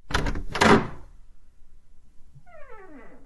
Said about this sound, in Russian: Денис тихонько открыл дверь в квартиру.